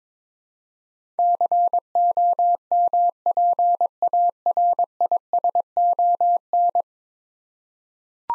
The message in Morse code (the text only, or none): COMPARISON